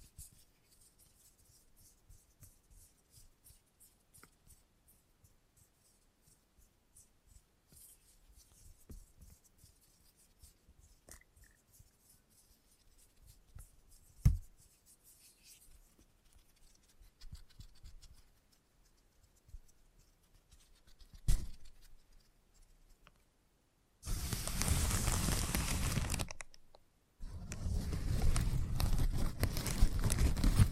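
A haircut in a salon: for the first twenty-odd seconds there are soft, irregular snips and light scratchy brushing, with a couple of sharp clicks near 14 and 21 seconds. At about 24 seconds an electric clipper switches on, loud and buzzing, pauses briefly, then runs to the end.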